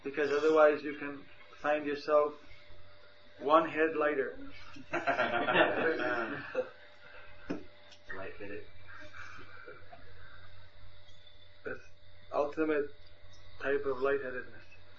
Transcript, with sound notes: because otherwise, you can find yourself one head lighter. (devotees laugh) That’s ultimate type of lightheadedness,